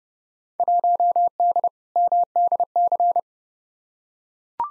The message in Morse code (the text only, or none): 1D MDC